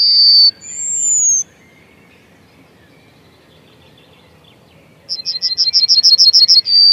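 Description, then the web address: Yellowhammer song, starting with the tail of a long note and a high descending whistle, then a quiet gap, then a rapid run of ringing notes ending in a drawn-out tone. "Kurs PTTK Kurs materiały Przyroda Ptaki Trznadal"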